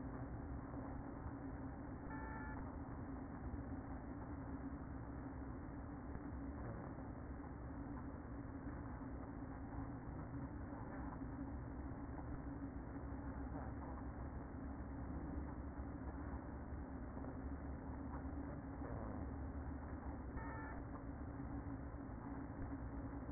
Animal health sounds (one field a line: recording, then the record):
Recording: honeybee colony, microphone inside the hive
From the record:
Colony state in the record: queen present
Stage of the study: after two queens were removed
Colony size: about 60,000 bees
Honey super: yes